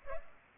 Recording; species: mosquito wingbeat signal from an infrared sensor; Culex pipiens